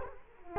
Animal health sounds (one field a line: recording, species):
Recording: mosquito wingbeat signal from an infrared sensor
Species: Culex quinquefasciatus